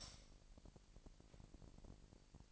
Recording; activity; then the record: daily activity, microphone in the room; light off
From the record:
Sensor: 5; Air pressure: 1002.0 hPa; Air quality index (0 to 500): 233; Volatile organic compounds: 34 ppm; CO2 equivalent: 3048 ppm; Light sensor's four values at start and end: 16/37/15/16 and 16/37/15/16